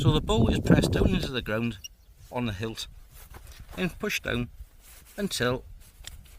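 Someone talks while a 15th-century arbalest pistol crossbow is pushed down against the ground to draw the bow, so the string can catch and lock into its release nut. Nothing has seated or clicked yet; the string has not locked into the nut by the end.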